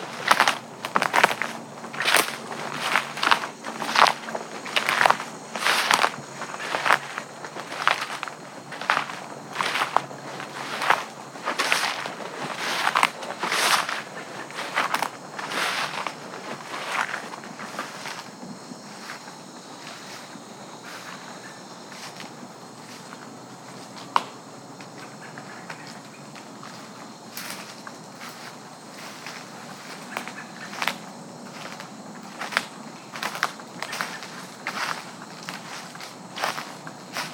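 Footsteps crunch along a woodland walk at a brisk, fairly regular pace, dense for the first eighteen seconds, then thinning to scattered steps over a soft, steady rushing. A few sharp cracks stand out, one near twenty-four seconds, with faint crackles underneath throughout.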